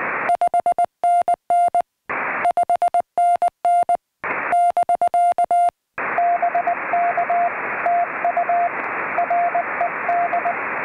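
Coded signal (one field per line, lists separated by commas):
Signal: Morse code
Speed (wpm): 20 wpm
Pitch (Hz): 700 Hz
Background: radio noise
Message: 5NN 5NN <BK> BK TU RED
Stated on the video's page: CW contacts during a Summits on the Air activation, working the ham bands and seeking summit-to-summit contacts.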